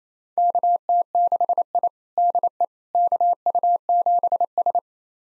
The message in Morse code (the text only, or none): KT6I DE KU7S